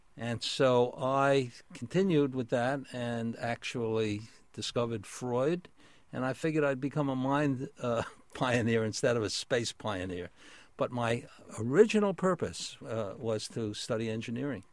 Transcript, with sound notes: And so I continued with that and actually discovered Freud. And I figured I'd become a mind [chuckles] pioneer instead of a space pioneer. But my original purpose was to study engineering.